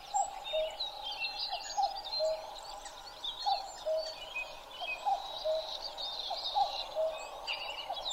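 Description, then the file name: Common cuckoo calling its two-note cuck-oo, a higher note dropping to a lower one, repeated about every one and a half seconds over a busy chorus of high twittering birds. Recorded 12 June 2011 at 03:53. "kakkou-20110612-0353"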